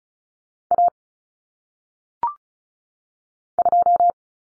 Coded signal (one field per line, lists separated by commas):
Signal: Morse code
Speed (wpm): 36 wpm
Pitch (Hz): 700 Hz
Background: none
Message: A 2